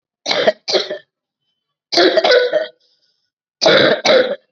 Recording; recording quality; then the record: shallow voluntary cough; excellent, no background noise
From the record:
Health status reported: COVID-19 positive, mild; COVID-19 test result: positive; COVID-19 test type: RT-PCR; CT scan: not taken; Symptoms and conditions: cough, fever, fatigue, diabetes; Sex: female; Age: 60 years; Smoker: no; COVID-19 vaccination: both doses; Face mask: not worn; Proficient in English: yes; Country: India